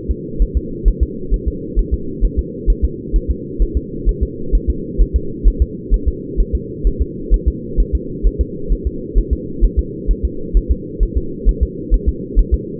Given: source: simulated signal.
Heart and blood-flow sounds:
fetal heart sounds
0.11 s: S2
0.42 s: S1
0.57 s: S2
0.88 s: S1
1.03 s: S2
1.34 s: S1
1.48 s: S2
1.79 s: S1
1.94 s: S2
2.25 s: S1
2.39 s: S2
2.70 s: S1
2.85 s: S2
3.16 s: S1
3.31 s: S2
3.62 s: S1
3.77 s: S2
4.09 s: S1
4.23 s: S2
4.55 s: S1
4.70 s: S2
5.01 s: S1
5.16 s: S2
5.48 s: S1
5.62 s: S2
5.94 s: S1
6.08 s: S2
6.40 s: S1
6.55 s: S2
6.87 s: S1
7.02 s: S2
7.34 s: S1
7.48 s: S2
7.80 s: S1
7.95 s: S2
8.27 s: S1
8.41 s: S2
8.73 s: S1
8.87 s: S2
9.18 s: S1
9.33 s: S2
9.64 s: S1
9.79 s: S2
10.11 s: S1
10.25 s: S2
10.57 s: S1
10.71 s: S2
11.03 s: S1
11.18 s: S2
11.49 s: S1
11.63 s: S2
11.94 s: S1
12.09 s: S2
12.39 s: S1
12.54 s: S2
From the record:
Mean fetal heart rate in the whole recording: 130 bpm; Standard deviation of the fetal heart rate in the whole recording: 2 bpm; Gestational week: 36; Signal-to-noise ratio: -4.3 dB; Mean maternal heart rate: 72 bpm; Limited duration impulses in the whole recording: absent

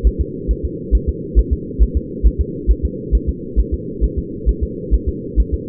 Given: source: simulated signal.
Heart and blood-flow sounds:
fetal heart sounds
0.07 s: S1
0.21 s: S2
0.51 s: S1
0.65 s: S2
0.95 s: S1
1.09 s: S2
1.39 s: S1
1.53 s: S2
1.83 s: S1
1.97 s: S2
2.27 s: S1
2.41 s: S2
2.71 s: S1
2.85 s: S2
3.15 s: S1
3.29 s: S2
3.59 s: S1
3.74 s: S2
4.04 s: S1
4.19 s: S2
4.49 s: S1
4.63 s: S2
4.94 s: S1
5.09 s: S2
5.40 s: S1
5.54 s: S2
From the record:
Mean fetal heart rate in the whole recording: 135 bpm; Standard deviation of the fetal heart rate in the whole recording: 3 bpm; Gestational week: 34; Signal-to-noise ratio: -4.1 dB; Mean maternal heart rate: no maternal heart sound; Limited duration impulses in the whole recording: absent

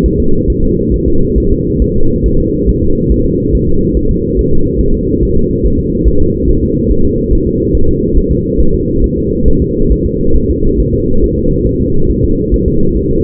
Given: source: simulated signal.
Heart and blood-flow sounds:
fetal heart sounds
0.06 s: S1
0.20 s: S2
0.50 s: S1
0.64 s: S2
0.94 s: S1
1.08 s: S2
1.38 s: S1
1.52 s: S2
1.82 s: S1
1.96 s: S2
2.26 s: S1
2.40 s: S2
2.69 s: S1
2.83 s: S2
3.12 s: S1
3.26 s: S2
3.55 s: S1
3.69 s: S2
3.97 s: S1
4.11 s: S2
4.39 s: S1
4.53 s: S2
4.81 s: S1
4.95 s: S2
5.23 s: S1
5.37 s: S2
5.65 s: S1
5.79 s: S2
6.08 s: S1
6.22 s: S2
6.50 s: S1
6.64 s: S2
6.91 s: S1
7.05 s: S2
7.33 s: S1
7.47 s: S2
7.75 s: S1
7.89 s: S2
8.18 s: S1
8.31 s: S2
8.60 s: S1
8.74 s: S2
9.04 s: S1
9.18 s: S2
9.48 s: S1
9.62 s: S2
9.92 s: S1
10.06 s: S2
10.36 s: S1
10.50 s: S2
10.80 s: S1
10.94 s: S2
11.24 s: S1
11.38 s: S2
11.67 s: S1
11.81 s: S2
12.11 s: S1
12.24 s: S2
12.54 s: S1
12.68 s: S2
12.97 s: S1
13.11 s: S2
From the record:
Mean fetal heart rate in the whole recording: 140 bpm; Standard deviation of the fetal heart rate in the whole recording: 2 bpm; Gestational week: 34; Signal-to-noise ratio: -17.7 dB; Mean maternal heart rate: 72 bpm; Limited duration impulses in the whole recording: present

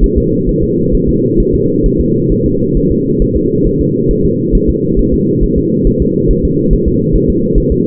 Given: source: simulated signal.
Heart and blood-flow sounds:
fetal heart sounds
0.04 s: S1
0.18 s: S2
0.49 s: S1
0.64 s: S2
0.95 s: S1
1.09 s: S2
1.40 s: S1
1.55 s: S2
1.86 s: S1
2.00 s: S2
2.32 s: S1
2.46 s: S2
2.77 s: S1
2.92 s: S2
3.22 s: S1
3.37 s: S2
3.67 s: S1
3.81 s: S2
4.11 s: S1
4.25 s: S2
4.55 s: S1
4.70 s: S2
4.99 s: S1
5.14 s: S2
5.44 s: S1
5.58 s: S2
5.87 s: S1
6.02 s: S2
6.31 s: S1
6.45 s: S2
6.73 s: S1
6.88 s: S2
7.16 s: S1
7.30 s: S2
7.58 s: S1
7.72 s: S2
From the record:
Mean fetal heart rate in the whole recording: 135 bpm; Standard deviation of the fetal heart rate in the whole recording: 3 bpm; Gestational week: 36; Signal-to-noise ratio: -11.2 dB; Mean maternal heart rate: 72 bpm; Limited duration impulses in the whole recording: present

